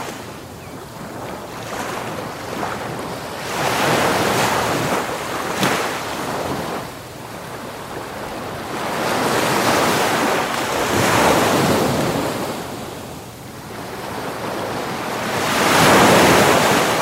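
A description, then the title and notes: Ocean waves wash against the shore in slow, rolling surges, swelling roughly every four to six seconds around 4, 10 and 16 seconds before easing back. A steady hiss of surf and some wind rumble fill the gaps between the swells. Ocean Waves at the Beach.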